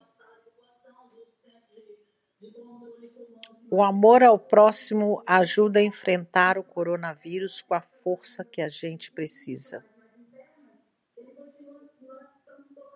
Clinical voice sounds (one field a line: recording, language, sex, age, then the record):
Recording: spoken sentence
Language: Brazilian Portuguese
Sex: female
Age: 50 to 59 years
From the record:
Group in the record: control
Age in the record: 57 years